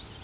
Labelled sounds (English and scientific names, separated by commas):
Worm-eating Warbler (Helmitheros vermivorum) flight call